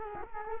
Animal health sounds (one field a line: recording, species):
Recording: mosquito wingbeat signal from an infrared sensor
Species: Culex quinquefasciatus